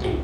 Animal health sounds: contact call of a hoofed animal; pig; closed-mouth grunt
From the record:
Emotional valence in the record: positive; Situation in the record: food and toys in familiar pen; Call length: 0.24 s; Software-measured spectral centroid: 1540 Hz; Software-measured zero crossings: 990 a second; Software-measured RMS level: -25 dBFS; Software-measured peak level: -13 dBFS

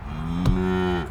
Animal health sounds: contact call of a hoofed animal; cattle; low-frequency (closed-mouth) or high-frequency (open-mouth) call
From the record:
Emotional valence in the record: negative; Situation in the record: full separation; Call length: 1.11 s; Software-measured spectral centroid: 1550 Hz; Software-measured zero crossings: 890 a second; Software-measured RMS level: -24 dBFS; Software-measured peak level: -8 dBFS

